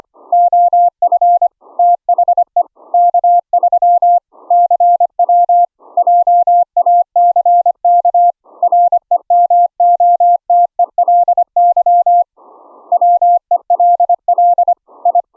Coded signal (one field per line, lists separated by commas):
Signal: Morse code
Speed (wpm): 25 wpm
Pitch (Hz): 700 Hz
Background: none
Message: OF THE K3 CW JACK REMOTELY WELL I